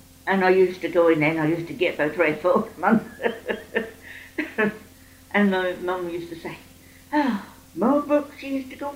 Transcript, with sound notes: And I used to go in and I used to get about three or four a [laughing] And my mum used to say, "Ah, more books," she used to go.